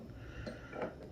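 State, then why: Not seated. A plastic trim piece is pressed into its mount on the car body, but it fails to snap into place. Over a low background hum there are only faint soft handling sounds, and nothing has clicked or seated.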